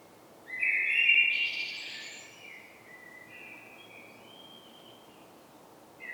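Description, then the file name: Common blackbird giving one loud fluted phrase with a squeaky high ending, then soft trailing notes and near silence. "Turdus merula"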